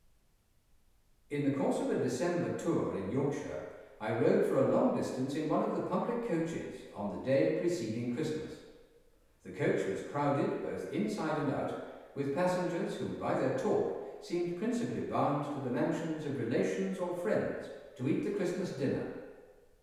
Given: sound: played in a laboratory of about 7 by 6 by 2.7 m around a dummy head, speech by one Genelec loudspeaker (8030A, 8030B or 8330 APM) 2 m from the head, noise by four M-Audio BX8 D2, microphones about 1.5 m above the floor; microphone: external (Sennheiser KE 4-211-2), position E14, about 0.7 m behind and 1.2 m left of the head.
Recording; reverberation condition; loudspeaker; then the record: male speech in English; high; in front (0 degrees)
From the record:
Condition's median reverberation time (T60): about 1300 ms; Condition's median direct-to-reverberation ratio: about -4.0 dB